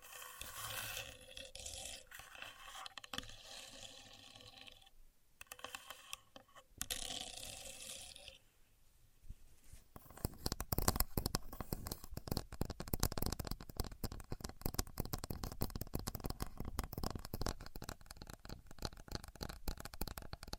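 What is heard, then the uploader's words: A contour gauge is handled and pressed, with soft hissing, brushing scrapes and small clicks over the first eight seconds, then a short pause. From about ten seconds on, a dense, steady stream of rapid tiny clicks and rattles runs to the end as the pins slide. Using A Contour Gauge (No Talking).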